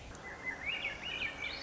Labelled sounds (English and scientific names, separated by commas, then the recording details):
Swainson's Thrush (Catharus ustulatus)
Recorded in Sonoma County, California